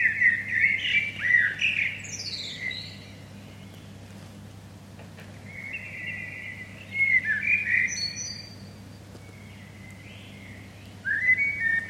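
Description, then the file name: Common blackbird song: warbled fluting phrases, each ending in a squeaky twitter, repeated with pauses of several seconds; a steady low hum underneath. "Turdus merula"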